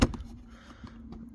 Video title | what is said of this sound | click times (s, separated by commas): How To Install Front And Rear Dash Cams/Cameras. 2024-2026 Hyundai Santa Fe. | They snap into place. | 0.0 s